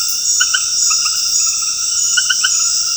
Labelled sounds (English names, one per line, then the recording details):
none
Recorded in dense forest near Puerto Asís, Putumayo, Colombia, on 19 February 2024 at 21:00
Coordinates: 0.485, -76.325
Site G6429